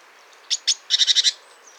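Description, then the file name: Great tit song, two short high notes followed by a quick series of five repeated ringing notes, over a steady background hiss. "Parus major"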